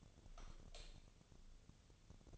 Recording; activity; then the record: daily activity, microphone in the room; light off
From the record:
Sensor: 4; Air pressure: 1000.9 hPa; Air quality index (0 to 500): 128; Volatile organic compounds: 1 ppm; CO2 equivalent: 961 ppm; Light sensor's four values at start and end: 40/101/42/46 and 38/91/38/42